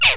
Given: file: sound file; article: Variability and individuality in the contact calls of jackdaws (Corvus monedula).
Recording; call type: jackdaw call; noisy